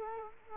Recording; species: mosquito wingbeat signal from an infrared sensor; Culex quinquefasciatus